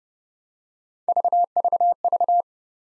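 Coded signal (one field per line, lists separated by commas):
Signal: none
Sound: three short separator beeps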